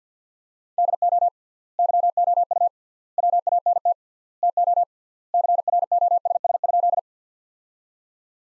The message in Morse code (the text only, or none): DO YOU WANT TO CROSS?